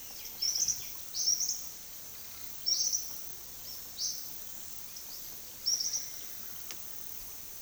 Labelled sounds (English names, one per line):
White-winged Becard
unidentified bird